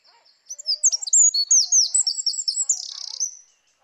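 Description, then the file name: Eurasian wren delivering a fast, shrill song of piercing notes and trills lasting about three seconds. "Troglodytes troglodytes"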